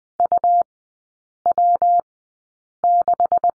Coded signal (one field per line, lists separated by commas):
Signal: Morse code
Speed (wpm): 20 wpm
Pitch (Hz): 700 Hz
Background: none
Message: UW6